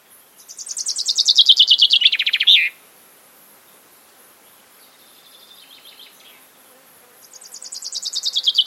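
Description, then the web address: Common chaffinch song: a bright descending trill ending in a sharp flourish, a fainter song in the middle, and a new trill starting at the end. "Deverinetal 2025 File origin Bird Only Fr Co"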